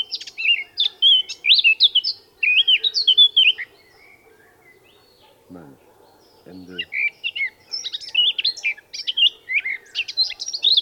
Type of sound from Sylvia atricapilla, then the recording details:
song. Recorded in the wild. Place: Sibiu, Transilvania, RO. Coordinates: 45.803, 24.145. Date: 1976-05-19 05:42. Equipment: Nagra III BH, Sennheiser MD 21, parabola. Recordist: Schubert, Michael. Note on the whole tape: Gesang Mönchsgrasmücke